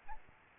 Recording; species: mosquito wingbeat signal from an infrared sensor; Aedes albopictus